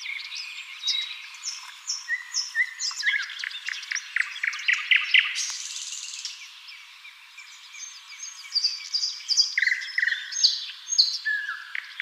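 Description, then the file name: Common nightingale song, dense and continuous, mixing whistles, rapid rattles and a buzzy burst midway, with phrases that overlap and vary throughout. "Luscinia megarhynchos"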